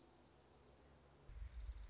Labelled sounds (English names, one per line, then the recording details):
Dark-eyed Junco
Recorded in Sonoma County, California